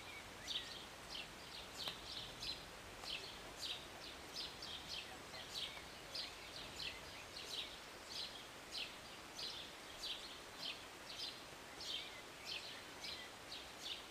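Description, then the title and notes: Birds give many high, sharp chirps in a long uneven series, with constant rain hiss underneath. Birds singing and chirping from a city balcony on a Sunday morning during a short rain. "Rainy Morning with Birds Chirping. Was sitting on my balcony on a Sunday morning, enjoying a cup of tea and the birds. Enjoy the short rain in the morning with birds singing and chirping beautifully. And an occasional plane. Believe it or not, this was recorded in the city"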